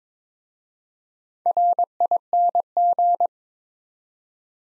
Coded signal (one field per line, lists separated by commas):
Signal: Morse code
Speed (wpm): 22 wpm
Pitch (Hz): 700 Hz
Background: none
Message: RING